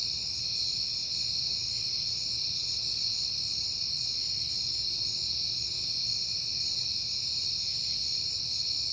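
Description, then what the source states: Crickets chirp steadily in a dense high chorus throughout, with a faint low drone and a brief soft tone midway. Recorded on a peaceful night in September; crickets heard often at that time.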